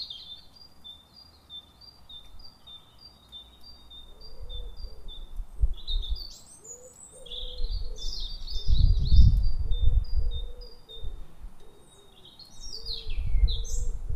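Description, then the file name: European robin with high, thin whistles and rapid sparkling warbled phrases, accompanied by low repeated notes and bursts of low rumble. "Erithacus rubecula"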